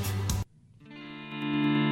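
A recorded song from a band's demo kicks in: after a short burst of noisy, effected sound and a brief dip, a sustained distorted guitar chord with a chorus-like shimmer builds and rings on.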